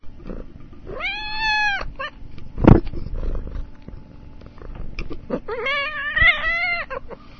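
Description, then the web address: Cat meowing: two drawn-out, harmonic meows, the first arching steadily, the second wavering and slightly rising, with a soft thump between them and low background hum. "cats itsy"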